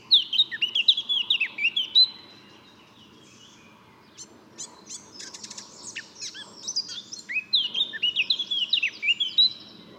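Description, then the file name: Eurasian blackcap warbling: a scratchy phrase, a pause with faint clicks, then another run of varied notes. "Sylvia atricapilla"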